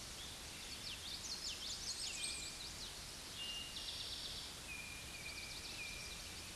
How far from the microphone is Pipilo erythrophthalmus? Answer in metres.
about 25 m